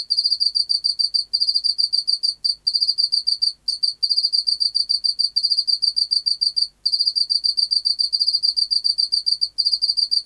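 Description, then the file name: Pacific field cricket song, long runs of rapid tonal pulses broken by short pauses, steady high pitch throughout, no other sounds. "Teleogryllus oceanicus"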